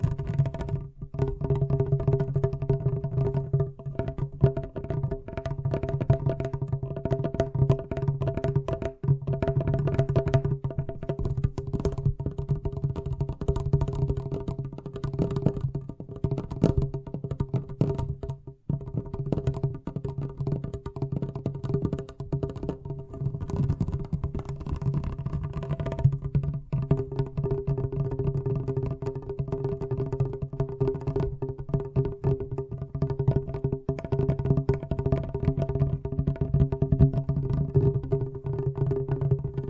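Fast tapping runs without pause for the whole time, dense and even, over a steady low hum with a brief dip near eighteen seconds.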